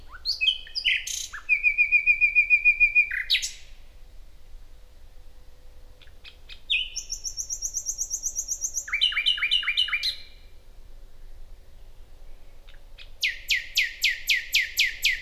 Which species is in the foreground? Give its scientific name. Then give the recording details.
Luscinia megarhynchos. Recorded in the wild. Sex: male. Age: adult. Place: Parsteinwerder, Parsteiner See, Brandenburg, DE. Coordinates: 52.9575, 13.9719. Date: 2007-05-09 23:50. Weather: fair, 10°C, weak westerly winds. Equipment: Sound Devices 702, Sennheiser MKH 416-T, Windkorb. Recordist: Frommolt, Karl-Heinz. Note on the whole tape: Heckenbestand am Schießstand Parsteinwerder: Gesang. Entfernung ca. 5 m. Sehr gut. Ununterbrochenen Aufnahme